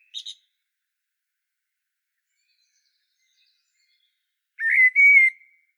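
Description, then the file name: Common blackbird with a couple of faint high notes at the start, then, after a pause, one clear, mellow whistled phrase. "Turdus merula"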